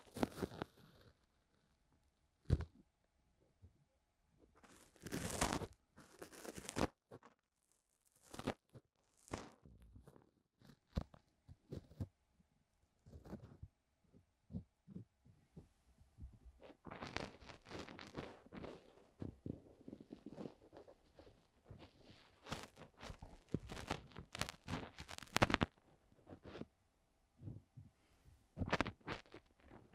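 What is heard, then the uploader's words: Ear cleaning sounds made without talking: short, irregular scratching and rubbing bursts, crisp and reaching into the high end, come in dense clusters with brief silent gaps. Activity thickens around five to seven seconds and again from about seventeen seconds on, with a few sharp louder taps. ASMR DEEP Ear Cleaning No talking 시원한 모래 귀청소.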